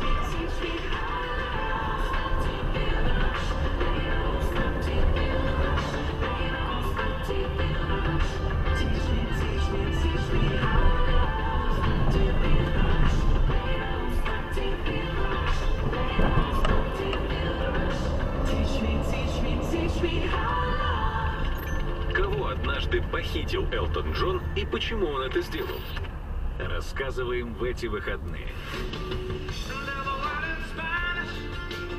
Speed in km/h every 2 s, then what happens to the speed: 10, 13, 17, 33, 28, 25, 20, 18, 16, 23, 32, 28, 23, 19, 13, 8.
0-6 speeds up to 33. 6-16 slows to 16. 16-19 speeds up to 32. 20-32 slows to 8.